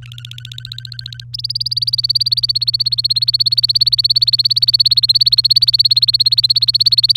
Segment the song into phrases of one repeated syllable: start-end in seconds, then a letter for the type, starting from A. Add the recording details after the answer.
0.02-1.24 A, 1.33-7.12 B. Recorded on 24 April 2018 at 05:54. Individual llb3